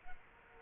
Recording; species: mosquito wingbeat signal from an infrared sensor; Culex quinquefasciatus